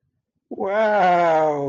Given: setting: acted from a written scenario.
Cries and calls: vocal sound without words; adoration

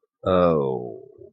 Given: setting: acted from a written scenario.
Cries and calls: vocal sound without words; embarrassment

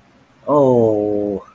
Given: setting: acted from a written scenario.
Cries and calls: vocal sound without words; disappointment

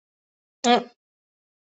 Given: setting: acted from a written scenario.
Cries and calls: vocal sound without words; contempt

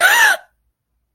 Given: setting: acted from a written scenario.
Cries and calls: vocal sound without words; distress

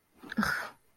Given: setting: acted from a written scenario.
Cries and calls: vocal sound without words; disgust

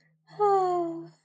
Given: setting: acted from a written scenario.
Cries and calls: vocal sound without words; serenity

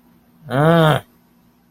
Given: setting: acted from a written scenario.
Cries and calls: vocal sound without words; anger

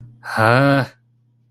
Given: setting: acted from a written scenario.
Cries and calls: vocal sound without words; negative surprise

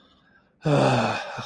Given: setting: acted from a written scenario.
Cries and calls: vocal sound without words; ecstasy

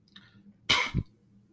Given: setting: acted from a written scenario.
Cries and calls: vocal sound without words; contempt

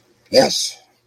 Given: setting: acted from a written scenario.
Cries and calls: vocal sound without words; elation

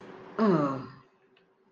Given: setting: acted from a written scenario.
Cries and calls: vocal sound without words; neutral

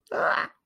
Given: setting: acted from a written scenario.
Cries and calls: vocal sound without words; fear

